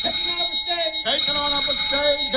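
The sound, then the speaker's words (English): A film set's electric bell rings loudly and steadily as four bells signalling a take, a bright metallic ringing with a brief break partway through before it resumes. “Four bells.”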